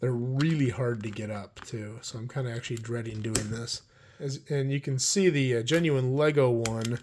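A genuine plastic building brick is handled for pressing onto another brick for comparison, while someone talks throughout with brief pauses. The clip ends before the part goes home, and nothing has seated or clicked yet.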